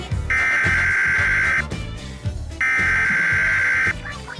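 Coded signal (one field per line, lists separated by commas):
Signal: Emergency Alert System (SAME) tones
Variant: header bursts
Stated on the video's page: Emergency Alert System sound effect used in a fictional animated short.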